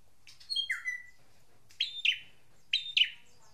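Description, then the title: Drongo song: a downslurred whistle with a squeaky lead-in, then two pairs of sharp bright chirps, with faint low background hum. "Suara Srigunting. Hobiburung"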